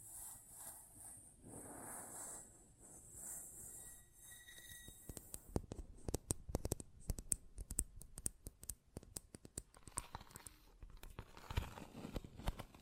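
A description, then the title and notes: Close-up metallic sounds. The first five seconds hold a bright hiss with faint steady ringing tones and soft rushing swells; then dense, irregular clicks and clanks take over, rattling quickly until the end, with a louder scraping surge near eleven seconds. ASMR Close Up Metallic Sounds (No Talking).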